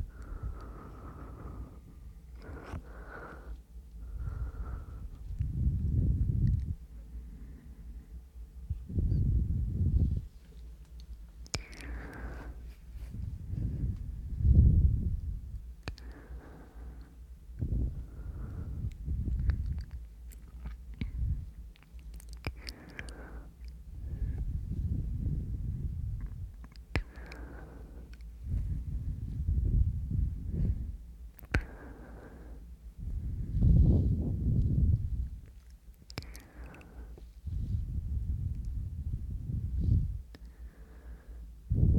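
Mouth sounds and breathing: low, rushing breaths rise and fall every few seconds, punctuated by brief wet clicks and smacks throughout.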